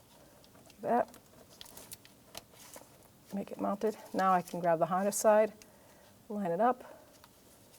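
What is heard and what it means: On a 2015–2020 Cadillac Escalade front shock and spring assembly, the wiring harness connector for the shock/suspension sensor is handled and lined up with the shock absorber electrical connector adapter while someone talks. Faint light taps and ticks of handling are heard between the speech. Nothing has seated or clicked yet.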